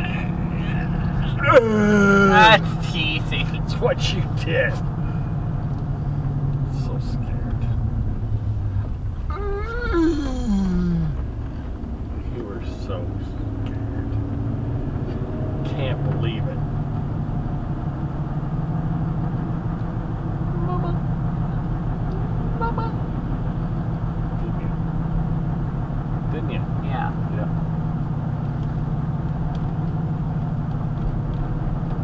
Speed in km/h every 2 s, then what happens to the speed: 58, 53, 50, 39, 24, 24, 39, 48, 53, 56, 55, 56, 56, 55, 55, 55.
0-8 brakes to 24. 10-17 speeds up to 56. 17-32 steady at about 55.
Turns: 6-12.